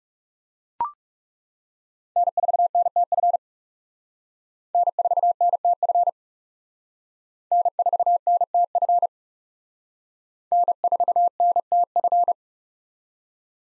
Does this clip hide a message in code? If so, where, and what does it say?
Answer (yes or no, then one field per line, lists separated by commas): yes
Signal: Morse code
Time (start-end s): 2.2-12.3 s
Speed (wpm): 37 wpm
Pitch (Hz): 700 Hz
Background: none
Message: N4NTF N4NTF N4NTF N4NTF